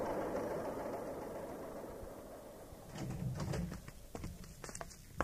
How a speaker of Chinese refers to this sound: 803临窗而立，凝视着土公路上扬起烟尘奔驶而过的载货卡车和手扶拖拉机。